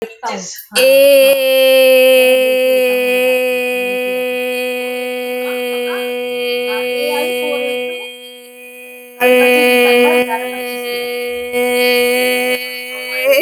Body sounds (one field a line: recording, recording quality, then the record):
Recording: sustained vowel as in made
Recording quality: excellent, no background noise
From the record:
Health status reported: recovered from COVID-19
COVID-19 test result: negative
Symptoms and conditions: none ticked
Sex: female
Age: 21 years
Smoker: not ticked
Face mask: not worn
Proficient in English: yes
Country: India